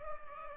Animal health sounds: mosquito wingbeat signal from an infrared sensor; Culex pipiens

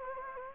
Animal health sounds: mosquito wingbeat signal from an infrared sensor; Anopheles gambiae

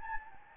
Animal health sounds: mosquito wingbeat signal from an infrared sensor; Anopheles gambiae

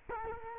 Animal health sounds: mosquito wingbeat signal from an infrared sensor; Culex quinquefasciatus

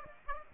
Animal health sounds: mosquito wingbeat signal from an infrared sensor; Aedes aegypti

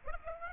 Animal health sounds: mosquito wingbeat signal from an infrared sensor; Aedes aegypti

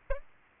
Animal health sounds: mosquito wingbeat signal from an infrared sensor; Aedes albopictus

